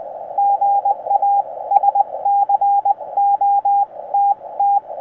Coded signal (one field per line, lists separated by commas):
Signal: Morse code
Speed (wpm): 22 wpm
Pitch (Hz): 750 Hz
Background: radio noise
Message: GA SCOTT